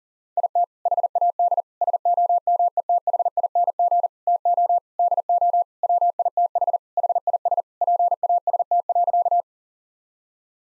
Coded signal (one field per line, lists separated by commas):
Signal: Morse code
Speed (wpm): 40 wpm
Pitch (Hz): 700 Hz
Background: none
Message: IT HAD SOMETHING TO DO WITH HIS PAST.